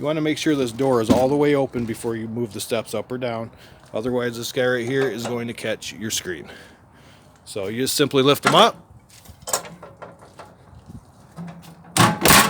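Folding metal entry steps on a 2020 Sunset Trail 253RB travel trailer are lifted up into their stowed position at the doorway, with the door fully open so the steps don't catch the screen. Someone talks over light metallic knocks and rattles from about 9.5 to 10.4 seconds. The steps snap into place with a loud, sharp hit at 12.3 seconds.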